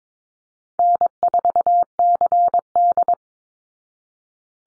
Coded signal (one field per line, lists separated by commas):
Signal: Morse code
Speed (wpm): 22 wpm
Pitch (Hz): 700 Hz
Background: none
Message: N4CD